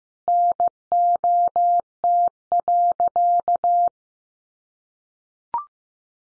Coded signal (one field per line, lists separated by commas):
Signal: Morse code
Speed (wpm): 15 wpm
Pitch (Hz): 700 Hz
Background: none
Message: NOT.